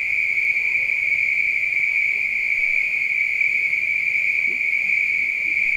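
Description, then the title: Spring peepers calling in a dense chorus, blending into a steady, unbroken high-pitched shrill that holds level throughout with no pauses. Recorded at night. "neoscenes: night peepers"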